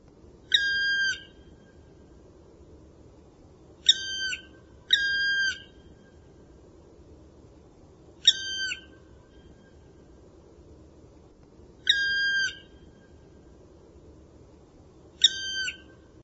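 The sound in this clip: Bird giving nasal, steady half-second notes rich in overtones, singly or in close pairs every few seconds, over a low rumbling background.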